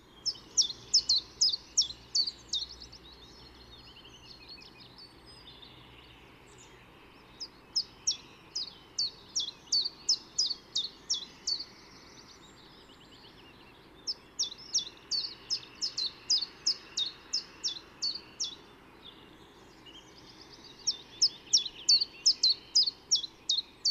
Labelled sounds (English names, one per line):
Common Chiffchaff song